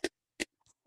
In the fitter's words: the upper camper links need to go into the ball stitch just go on give it a little squish this should snap in place